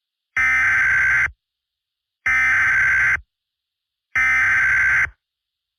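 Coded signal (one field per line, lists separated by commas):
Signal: Emergency Alert System (SAME) tones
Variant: header bursts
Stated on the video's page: Fictional EAS scenario, not a real alert.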